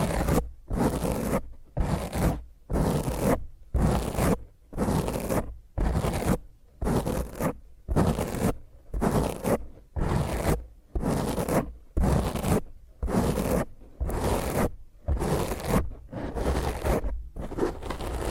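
Fingernails scratch roughly across a microphone in rapid back-and-forth strokes, each a harsh, gritty burst with a deep rumbling thump underneath. The strokes come steadily, roughly once a second, with brief silent gaps between them, for the whole eighteen seconds.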